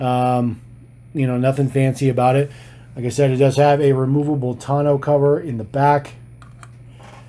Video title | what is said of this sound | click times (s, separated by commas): Unboxing: Greenlight Black Bandit, Dually Drivers and Blue Collar Trucks - RAM, Jeep and Chevy | um it just sits there um doesn't click in doesn't snap there's no | none